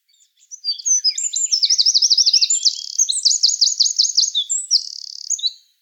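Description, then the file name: Eurasian wren delivering a long, loud, very high song of tumbling notes with two fast trills, about five seconds. "Troglodytes troglodytes"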